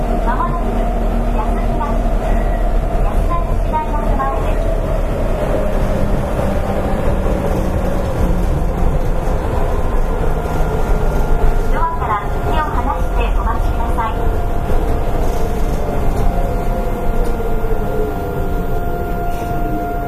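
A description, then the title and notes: A train runs steadily with a dense low rumble and a sustained whine, brief squeaky chirps around twelve to fourteen seconds, faint voices beneath. アストラムライン 6000系 広域公園前から本通まで. It is the running sound of the Astram Line 6000 train in Hiroshima City. The section is from Koiki-koen-mae to Hondori.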